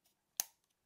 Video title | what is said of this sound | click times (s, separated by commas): Un DRONE pas cher à 80€ ça vaut quoi ? : Test du AMETA S20 Lite | Ça se clipse, un bon clipse. | 0.4 s